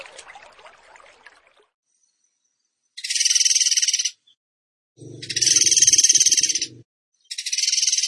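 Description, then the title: Bird song: scratchy rustling at the start, then three high, rapid, buzzy pulsed trills, with a low rumbling noise under the second. Training song (masteran) for teaching songbirds, in the tembakan gacor style. "Masteran Burung Tembakan Gacor"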